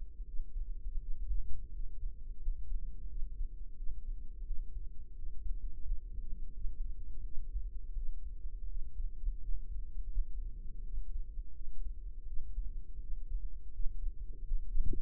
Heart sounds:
heart sounds by microphone in the right ear; 85 bpm
0.23 s: heartbeat
0.97 s: heartbeat
1.70 s: heartbeat
2.38 s: heartbeat
3.06 s: heartbeat
3.74 s: heartbeat
4.42 s: heartbeat
5.13 s: heartbeat
5.82 s: heartbeat
6.51 s: heartbeat
7.21 s: heartbeat
7.93 s: heartbeat
8.66 s: heartbeat
9.39 s: heartbeat
10.09 s: heartbeat
10.81 s: heartbeat
11.51 s: heartbeat
12.24 s: heartbeat
12.98 s: heartbeat
13.70 s: heartbeat
14.42 s: heartbeat
From the record:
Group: healthy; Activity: rest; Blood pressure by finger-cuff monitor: 114/62 mmHg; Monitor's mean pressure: 79 mmHg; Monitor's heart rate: 83 bpm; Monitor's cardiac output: 7.4 L/min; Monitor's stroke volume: 88 mL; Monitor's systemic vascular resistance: 760 dyn s/cm5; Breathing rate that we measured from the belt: 16 breaths a minute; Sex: female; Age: 26 years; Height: 165 cm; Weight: 55 kg

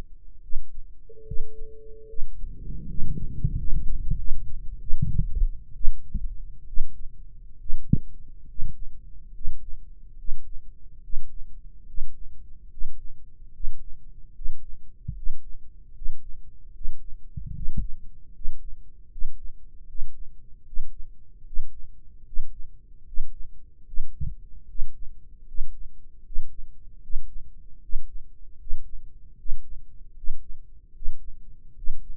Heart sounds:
heart sounds by microphone in the right ear; 75 bpm
0.40 s: heartbeat
1.24 s: heartbeat
2.06 s: heartbeat
2.85 s: heartbeat
3.54 s: heartbeat
4.15 s: heartbeat
4.78 s: heartbeat
5.73 s: heartbeat
6.65 s: heartbeat
7.57 s: heartbeat
8.45 s: heartbeat
9.31 s: heartbeat
10.15 s: heartbeat
11.00 s: heartbeat
11.84 s: heartbeat
12.67 s: heartbeat
13.50 s: heartbeat
14.32 s: heartbeat
15.13 s: heartbeat
15.92 s: heartbeat
16.71 s: heartbeat
17.52 s: heartbeat
18.31 s: heartbeat
19.08 s: heartbeat
19.85 s: heartbeat
20.63 s: heartbeat
21.43 s: heartbeat
22.23 s: heartbeat
23.04 s: heartbeat
23.84 s: heartbeat
24.66 s: heartbeat
25.45 s: heartbeat
26.23 s: heartbeat
27.00 s: heartbeat
27.80 s: heartbeat
28.57 s: heartbeat
29.36 s: heartbeat
30.14 s: heartbeat
30.93 s: heartbeat
31.74 s: heartbeat
From the record:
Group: healthy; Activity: Valsalva maneuver 1-31 s, rest 31-32 s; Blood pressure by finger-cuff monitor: 138/78 mmHg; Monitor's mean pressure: 95 mmHg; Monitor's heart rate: 75 bpm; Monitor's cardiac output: 6.3 L/min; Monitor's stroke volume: 85 mL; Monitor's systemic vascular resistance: 1100 dyn s/cm5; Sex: male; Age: 21 years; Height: 180 cm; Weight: 67.5 kg

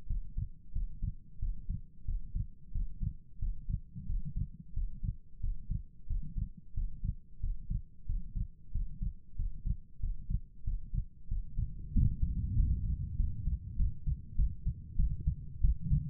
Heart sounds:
heart sounds by stethoscope; 93 bpm
0.05 s: heartbeat
0.71 s: heartbeat
1.37 s: heartbeat
2.03 s: heartbeat
2.70 s: heartbeat
3.37 s: heartbeat
4.04 s: heartbeat
4.72 s: heartbeat
5.39 s: heartbeat
6.05 s: heartbeat
6.72 s: heartbeat
7.38 s: heartbeat
8.04 s: heartbeat
8.70 s: heartbeat
9.34 s: heartbeat
9.98 s: heartbeat
10.62 s: heartbeat
11.26 s: heartbeat
11.90 s: heartbeat
12.53 s: heartbeat
13.15 s: heartbeat
13.75 s: heartbeat
14.35 s: heartbeat
14.95 s: heartbeat
15.60 s: heartbeat
From the record:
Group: healthy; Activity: breath hold 0-12 s, rest 12-16 s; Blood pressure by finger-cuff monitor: 110/69 mmHg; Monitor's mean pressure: 82 mmHg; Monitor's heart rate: 91 bpm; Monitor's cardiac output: 6.8 L/min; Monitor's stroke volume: 74 mL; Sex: female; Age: 32 years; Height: 172 cm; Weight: 71.7 kg

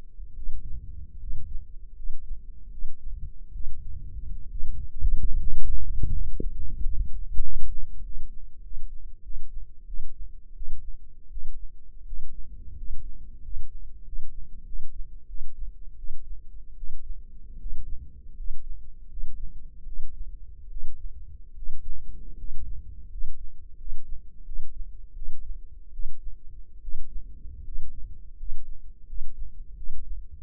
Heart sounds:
heart sounds by microphone in the left ear; 82 bpm
0.35 s: heartbeat
1.18 s: heartbeat
1.94 s: heartbeat
2.70 s: heartbeat
3.52 s: heartbeat
4.49 s: heartbeat
5.35 s: heartbeat
6.09 s: heartbeat
6.78 s: heartbeat
7.41 s: heartbeat
8.02 s: heartbeat
8.62 s: heartbeat
9.22 s: heartbeat
9.86 s: heartbeat
10.54 s: heartbeat
11.29 s: heartbeat
12.04 s: heartbeat
12.75 s: heartbeat
13.41 s: heartbeat
14.03 s: heartbeat
14.64 s: heartbeat
15.27 s: heartbeat
15.96 s: heartbeat
16.75 s: heartbeat
17.58 s: heartbeat
18.35 s: heartbeat
19.08 s: heartbeat
19.84 s: heartbeat
20.68 s: heartbeat
21.54 s: heartbeat
22.36 s: heartbeat
23.08 s: heartbeat
23.76 s: heartbeat
24.44 s: heartbeat
25.14 s: heartbeat
25.91 s: heartbeat
26.80 s: heartbeat
27.63 s: heartbeat
28.36 s: heartbeat
29.05 s: heartbeat
29.75 s: heartbeat
From the record:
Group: healthy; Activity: rest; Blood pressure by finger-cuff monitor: 124/66 mmHg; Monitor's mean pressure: 81 mmHg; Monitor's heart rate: 81 bpm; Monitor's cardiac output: 7.7 L/min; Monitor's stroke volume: 94 mL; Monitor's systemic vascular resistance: 770 dyn s/cm5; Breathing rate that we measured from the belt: 12 breaths a minute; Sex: male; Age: 23 years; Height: 179 cm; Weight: 87 kg

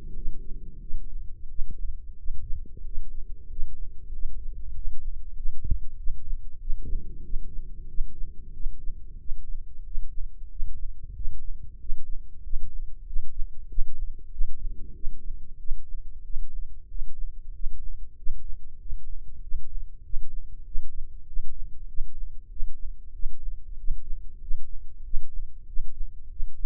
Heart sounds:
heart sounds by microphone in the right ear; 94 bpm
0.13 s: heartbeat
0.79 s: heartbeat
1.47 s: heartbeat
2.16 s: heartbeat
2.83 s: heartbeat
3.47 s: heartbeat
4.10 s: heartbeat
4.73 s: heartbeat
5.34 s: heartbeat
5.96 s: heartbeat
6.58 s: heartbeat
7.22 s: heartbeat
7.86 s: heartbeat
8.52 s: heartbeat
9.17 s: heartbeat
9.83 s: heartbeat
10.48 s: heartbeat
11.13 s: heartbeat
11.78 s: heartbeat
12.41 s: heartbeat
13.04 s: heartbeat
13.67 s: heartbeat
14.29 s: heartbeat
14.93 s: heartbeat
15.57 s: heartbeat
16.22 s: heartbeat
16.87 s: heartbeat
17.51 s: heartbeat
18.15 s: heartbeat
18.78 s: heartbeat
19.40 s: heartbeat
20.02 s: heartbeat
20.63 s: heartbeat
21.25 s: heartbeat
21.86 s: heartbeat
22.48 s: heartbeat
23.11 s: heartbeat
23.76 s: heartbeat
24.39 s: heartbeat
25.02 s: heartbeat
25.65 s: heartbeat
26.28 s: heartbeat
From the record:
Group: healthy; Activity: rest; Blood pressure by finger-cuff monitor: 103/69 mmHg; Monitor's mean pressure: 78 mmHg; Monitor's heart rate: 94 bpm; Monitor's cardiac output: 7.6 L/min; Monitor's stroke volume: 80 mL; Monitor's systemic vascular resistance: 750 dyn s/cm5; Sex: male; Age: 19 years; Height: 178 cm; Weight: 83 kg

